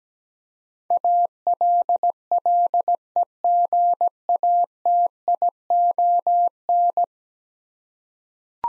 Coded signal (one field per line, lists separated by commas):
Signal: Morse code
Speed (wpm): 17 wpm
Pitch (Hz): 700 Hz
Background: none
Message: ALLEGATION